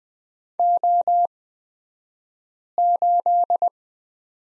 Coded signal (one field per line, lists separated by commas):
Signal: Morse code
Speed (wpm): 20 wpm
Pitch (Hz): 700 Hz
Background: none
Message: O8